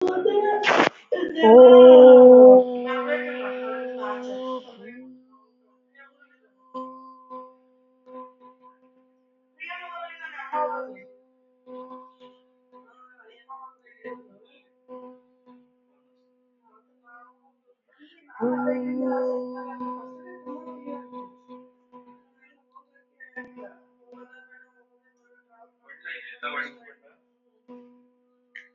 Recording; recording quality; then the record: sustained vowel as in boot; moderate, slight background noise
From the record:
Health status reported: recovered from COVID-19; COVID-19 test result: positive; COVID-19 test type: RT-PCR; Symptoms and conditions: loss of smell and taste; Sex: female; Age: 38 years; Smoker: no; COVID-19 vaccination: both doses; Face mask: not worn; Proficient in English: yes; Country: India